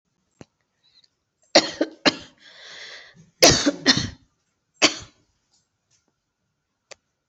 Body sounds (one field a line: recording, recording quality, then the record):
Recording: shallow voluntary cough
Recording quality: excellent, no background noise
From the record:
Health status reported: COVID-19 positive, mild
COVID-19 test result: positive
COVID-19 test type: RT-PCR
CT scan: not taken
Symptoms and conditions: cough, cold, sore throat, fever, fatigue, muscle pain, diabetes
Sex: female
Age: 49 years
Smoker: no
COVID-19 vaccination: both doses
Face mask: worn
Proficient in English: yes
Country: India